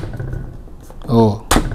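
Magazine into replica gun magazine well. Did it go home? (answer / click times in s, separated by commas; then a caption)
no / none. A magazine is handled at the magazine well of a replica gun, being pushed further in after a first click, while someone talks. Low handling noise and short knocks run under the voice, with a sharp broadband burst near 1.5 s. The magazine is not yet home, and nothing has seated or clicked yet.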